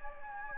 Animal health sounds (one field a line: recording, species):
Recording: mosquito wingbeat signal from an infrared sensor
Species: Anopheles gambiae